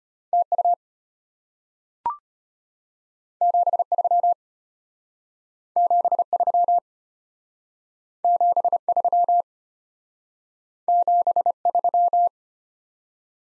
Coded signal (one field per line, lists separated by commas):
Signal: Morse code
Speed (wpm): 34 wpm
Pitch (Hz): 700 Hz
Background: none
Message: TU 73 73 73 73